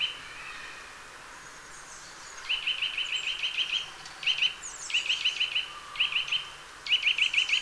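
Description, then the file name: Eurasian nuthatch calling in fast strings of clipped notes, one long run then several shorter bursts, over a soft steady hiss. "Sitta europaea"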